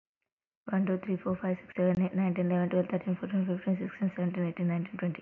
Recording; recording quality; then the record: counting at a fast pace; moderate, slight background noise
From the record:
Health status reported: healthy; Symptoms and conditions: cough, cold, fever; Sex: female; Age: 31 years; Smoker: no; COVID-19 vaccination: both doses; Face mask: not worn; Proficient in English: yes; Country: India